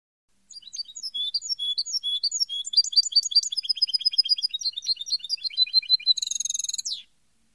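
European goldfinch song, a fast, high, tinkling twitter of varied chirps and trills lasting about six seconds, ending in a brief buzzy, nasal burst.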